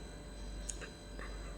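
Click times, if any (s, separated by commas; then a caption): 0.7 s. The remaining telescopic sections of a Philips garment steamer's plastic stand pole are raised to maximum height and locked, giving a sharp, short click at 0.7 s over a steady low hum. A softer, longer sound follows at 1.2 s, and the pole section is locked in place at full height.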